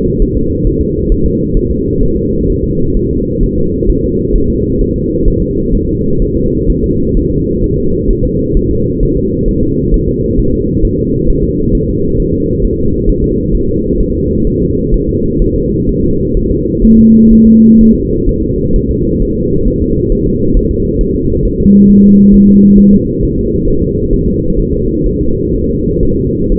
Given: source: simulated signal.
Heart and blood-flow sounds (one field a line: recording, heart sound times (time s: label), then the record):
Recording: fetal heart sounds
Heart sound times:
0.22 s: S1
0.37 s: S2
0.67 s: S1
0.82 s: S2
1.12 s: S1
1.26 s: S2
1.57 s: S1
1.71 s: S2
2.03 s: S1
2.17 s: S2
2.50 s: S1
2.64 s: S2
2.97 s: S1
3.11 s: S2
3.43 s: S1
3.58 s: S2
3.90 s: S1
4.04 s: S2
4.35 s: S1
4.50 s: S2
4.81 s: S1
4.96 s: S2
5.28 s: S1
5.42 s: S2
5.75 s: S1
5.89 s: S2
6.22 s: S1
6.37 s: S2
6.70 s: S1
6.84 s: S2
7.17 s: S1
7.31 s: S2
7.64 s: S1
7.78 s: S2
8.11 s: S1
8.25 s: S2
8.57 s: S1
8.71 s: S2
9.03 s: S1
9.17 s: S2
9.48 s: S1
9.63 s: S2
9.94 s: S1
10.09 s: S2
10.39 s: S1
10.54 s: S2
10.85 s: S1
10.99 s: S2
11.30 s: S1
11.44 s: S2
11.75 s: S1
11.89 s: S2
12.20 s: S1
12.34 s: S2
12.65 s: S1
12.79 s: S2
13.09 s: S1
13.24 s: S2
13.55 s: S1
13.69 s: S2
14.00 s: S1
14.15 s: S2
14.47 s: S1
14.62 s: S2
14.94 s: S1
15.09 s: S2
15.42 s: S1
15.56 s: S2
15.89 s: S1
16.04 s: S2
16.37 s: S1
16.51 s: S2
16.85 s: S1
16.99 s: S2
17.33 s: S1
17.47 s: S2
17.81 s: S1
17.95 s: S2
18.29 s: S1
18.43 s: S2
18.76 s: S1
18.91 s: S2
19.22 s: S1
19.37 s: S2
19.68 s: S1
19.82 s: S2
20.12 s: S1
20.27 s: S2
20.57 s: S1
20.71 s: S2
21.01 s: S1
21.15 s: S2
21.45 s: S1
21.60 s: S2
21.90 s: S1
22.04 s: S2
22.34 s: S1
22.49 s: S2
22.79 s: S1
22.93 s: S2
23.23 s: S1
23.38 s: S2
23.68 s: S1
23.82 s: S2
24.13 s: S1
24.28 s: S2
24.60 s: S1
24.74 s: S2
25.07 s: S1
25.21 s: S2
25.54 s: S1
25.69 s: S2
26.03 s: S1
26.17 s: S2
26.52 s: S1
From the record:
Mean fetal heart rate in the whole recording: 130 bpm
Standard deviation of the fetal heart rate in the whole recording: 4 bpm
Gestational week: 38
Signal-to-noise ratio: -15.3 dB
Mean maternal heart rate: 72 bpm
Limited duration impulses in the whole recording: present